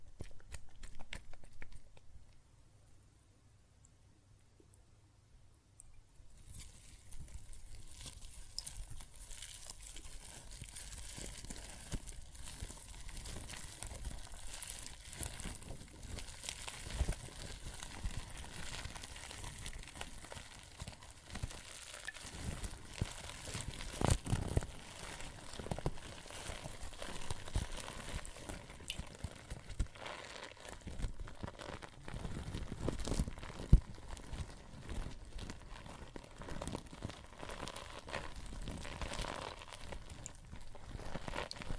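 Water and soap foam crackle and fizz in a dense, steady patter of tiny pops after a nearly silent first six seconds. The bubbling texture is bright and continuous, with a few sharper clicks and swells around the 24 and 33 second marks.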